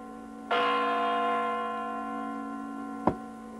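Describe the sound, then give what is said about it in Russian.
The clock bell of the Spasskaya Tower of the Moscow Kremlin strikes midnight at New Year, heard on a television, its deep, rich tone ringing out with a long humming sustain before a second strike lands about two and a half seconds later. “На экране телевизора часы на Спасской башне Кремля, показывающие 12 часов.”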